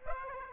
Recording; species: mosquito wingbeat signal from an infrared sensor; Aedes aegypti